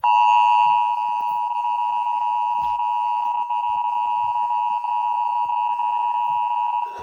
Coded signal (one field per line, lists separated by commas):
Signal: Emergency Alert System (SAME) tones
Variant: 853 and 960 Hz attention tone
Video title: 5 emergency alert system in 5:06 seconds.